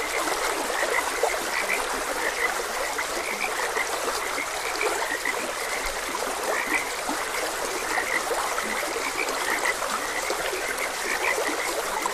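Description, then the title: Frogs croaking in a chorus, short bright notes repeating irregularly over a steady rush of flowing stream water. Frogs croaking beside a gentle stream. "Gentle Stream and Frogs Croaking"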